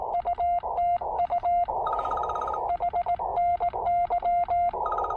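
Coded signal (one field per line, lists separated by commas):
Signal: Morse code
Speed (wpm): 18 wpm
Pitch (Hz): 700 Hz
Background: none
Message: UTU HNY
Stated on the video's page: QRP POTA CW activation on 40 meters using a Yaesu FT-817ND with a new filter, a pressure paddle and an MC-750 antenna.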